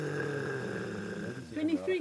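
A steady, low, buzzing rumble with an even pitch fills the first second and a half, then gives way to brief higher voiced sounds. It is snoring from a cheetah, a sound rarely heard.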